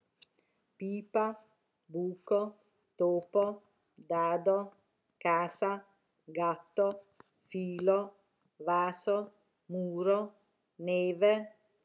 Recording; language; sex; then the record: read list of words; Italian; female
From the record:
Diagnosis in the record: healthy control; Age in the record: 61 years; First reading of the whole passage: 59 s, 8.5 characters per second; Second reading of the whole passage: 54 s, 7.6 characters per second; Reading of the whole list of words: 57 s, 4.9 characters per second